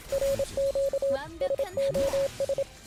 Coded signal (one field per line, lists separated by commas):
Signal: Morse code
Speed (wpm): 27 wpm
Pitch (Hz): 550 Hz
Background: speech, music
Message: RQ SOS